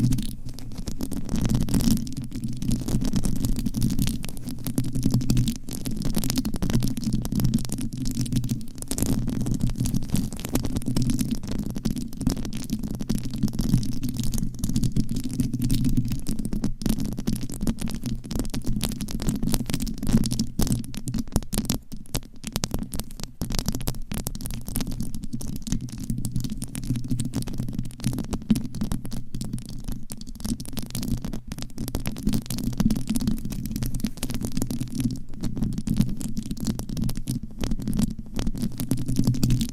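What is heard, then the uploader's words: Scratching on a microphone cover produces a continuous, dense, low rumbling rustle that stays steady for the whole forty seconds. Quick strokes blur together with no pauses, and a thin, faint crackle rides above the heavy low scraping. ASMR Mic Scratching - Brain Scratching with Different Mic Covers 100% Tingles - Asmr No Talking.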